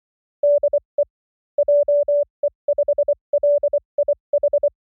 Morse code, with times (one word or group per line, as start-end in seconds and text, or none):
0.4-1.0 DE
1.6-4.7 JE5LIH